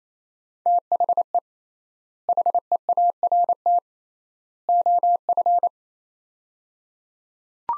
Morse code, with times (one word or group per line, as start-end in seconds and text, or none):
0.7-1.4 THE
2.3-3.8 HEART
4.7-5.7 OF